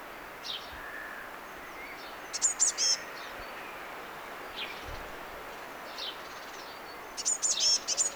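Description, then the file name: Eurasian blue tit calls, two short groups of high thin notes separated by several seconds, over steady background hiss with faint chirps. "Cyanistes caeruleus"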